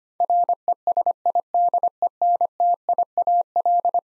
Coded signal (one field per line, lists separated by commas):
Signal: Morse code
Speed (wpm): 25 wpm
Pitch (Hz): 700 Hz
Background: none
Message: RESIDENTIAL